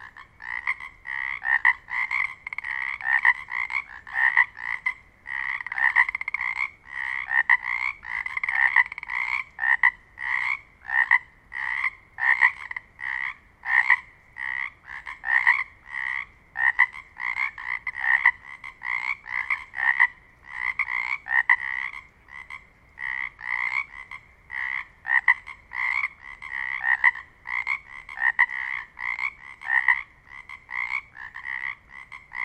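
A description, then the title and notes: Pacific chorus frogs call in a dense, steady chorus of rapid, rhythmic croaks, mid-pitched, repeating without pause throughout. Sounds of Pacific Chorus Frogs, the Varied Thrush, grouse, and many more.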